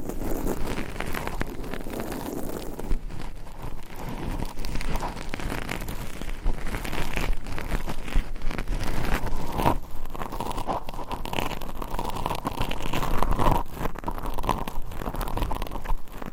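Microphones are scratched and rubbed in a continuous, dense run of crunching, crinkling noise with no pauses. The texture shifts between rough low rumbling and brighter scraping, with a steady nasal tone rising through the second half and sharp ticks scattered throughout.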